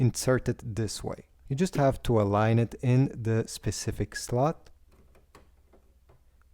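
Someone talks while lining up a plastic ink cartridge with its slot in the carriage of an Epson XP-4200/4100 printer, before pushing it down. After the talking stops at about 4.5 seconds, only a few faint handling ticks are heard, between about 5.2 and 6.4 seconds. The cartridge has not seated or clicked yet.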